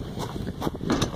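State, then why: Not seated. A wheelie bin is handled at a sack-truck bin trailer with solid puncture-proof tyres, where its base is meant to drop into a metal pan that holds the lid shut. Rustling, bumping noises build to knocks at about 0.9 s and 1.0 s. Nothing has seated yet.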